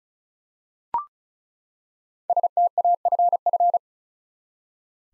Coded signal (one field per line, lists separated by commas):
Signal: Morse code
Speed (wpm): 36 wpm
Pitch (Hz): 700 Hz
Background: none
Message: STAFF